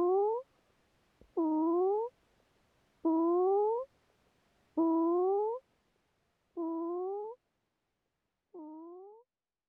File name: Philippe Lambret - P trel plongeur commun